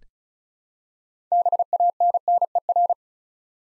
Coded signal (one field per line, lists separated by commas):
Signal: Morse code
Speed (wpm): 36 wpm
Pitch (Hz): 700 Hz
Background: none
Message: BANNER